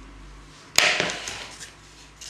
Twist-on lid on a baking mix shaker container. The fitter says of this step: Kaiser Deckel drauf drehen schon eingerastet